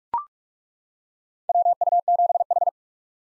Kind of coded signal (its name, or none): Morse code